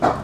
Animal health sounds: pig call; growing-finishing pig (85 days or more)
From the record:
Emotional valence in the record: positive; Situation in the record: run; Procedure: transit

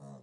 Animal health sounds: pig call; piglet (1 to 25 days)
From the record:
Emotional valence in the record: negative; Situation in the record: short isolation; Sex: female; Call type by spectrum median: low-frequency call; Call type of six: low-frequency stable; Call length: 0.23 s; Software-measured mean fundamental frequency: 69 Hz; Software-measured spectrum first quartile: 168 Hz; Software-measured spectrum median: 311 Hz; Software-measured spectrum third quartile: 798 Hz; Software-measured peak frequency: 139 Hz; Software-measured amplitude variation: 90 dB a second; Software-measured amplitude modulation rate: 32.7 a second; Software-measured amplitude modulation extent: 2.8 dB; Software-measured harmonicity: 0.5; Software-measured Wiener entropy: -0.17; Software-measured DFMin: 799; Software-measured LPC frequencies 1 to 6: 3876, 5628, 6276, 6842, 7783, 8601 Hz

